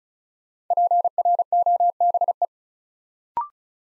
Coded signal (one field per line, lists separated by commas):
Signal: Morse code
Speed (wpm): 36 wpm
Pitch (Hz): 700 Hz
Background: none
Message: PROBE